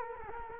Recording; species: mosquito wingbeat signal from an infrared sensor; Culex quinquefasciatus